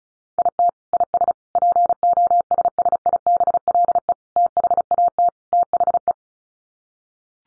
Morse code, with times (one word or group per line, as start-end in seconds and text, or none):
0.4-0.7 IT
0.9-1.3 IS
1.6-4.1 POSSIBLE
4.4-5.3 THAT
5.5-6.1 THE